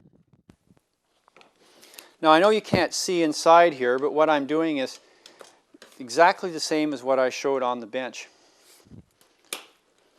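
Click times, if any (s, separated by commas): 9.5 s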